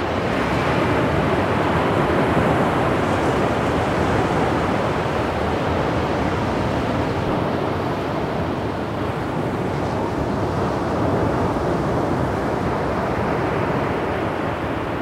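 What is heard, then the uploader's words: Ocean waves make a steady, dense wash of rushing water that never breaks into separate crashes. The roar is full and low, with a soft hiss on top and an even loudness throughout. Sounds of Ocean Waves.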